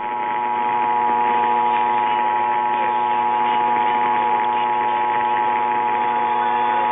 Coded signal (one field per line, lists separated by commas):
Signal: Emergency Alert System (SAME) tones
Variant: 853 and 960 Hz attention tone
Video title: EAS Tests During Flooding Alerts - 7/25/18